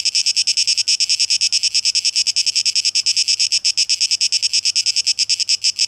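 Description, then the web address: Cicadas singing a shrill, evenly pulsed buzz, with quick pulses, unbroken across the whole stretch. Recorded 12 August 2023; tape echo mix. "rauschpartikel Audio 2023-08-12 Zikaden"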